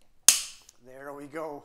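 A Callaway Rogue driver's hosel screw, which holds the adjustable sleeve, is turned clockwise with the supplied torque wrench until the wrench gives a sharp, loud click at 0.3 s. The click signals full tightness and prevents over-tightening. A faint tick follows at 0.7 s, then someone talks.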